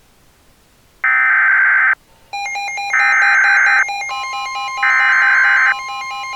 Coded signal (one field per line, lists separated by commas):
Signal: Emergency Alert System (SAME) tones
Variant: header bursts